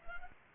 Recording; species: mosquito wingbeat signal from an infrared sensor; Culex pipiens